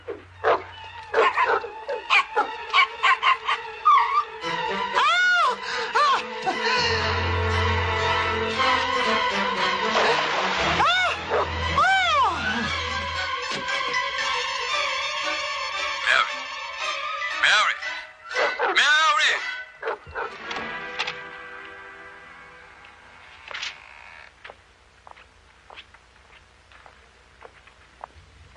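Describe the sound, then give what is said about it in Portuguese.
In a scene from a Portuguese-dubbed film, a boy's dog barks and yips over and over in loud, high-pitched bursts, mixed with whimpering whines, before the barking thins out into sparser yelps. “O seu filho, o cachorro dele, perturbando a minha porra.”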